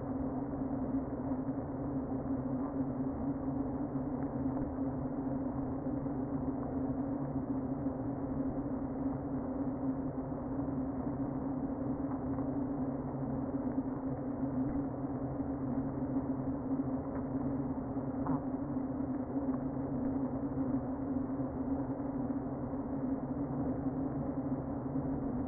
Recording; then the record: honeybee colony, microphone inside the hive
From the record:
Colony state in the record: queen present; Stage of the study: before two queens were removed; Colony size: about 60,000 bees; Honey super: yes